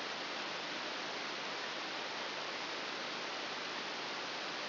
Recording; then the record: brain microelectrode recording played as sound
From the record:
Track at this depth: inside the subthalamic nucleus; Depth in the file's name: 1.806 mm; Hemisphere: right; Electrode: 3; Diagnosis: Parkinson's disease